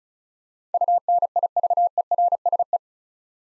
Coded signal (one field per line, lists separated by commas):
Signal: Morse code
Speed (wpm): 36 wpm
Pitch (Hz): 700 Hz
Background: none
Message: UNIVERSE